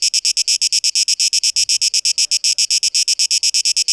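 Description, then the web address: Cicada pulses, quick and sizzling at high pitch, with a faint low thump near the middle. 12 August 2023. "Audio 2023-08-12 Zikaden"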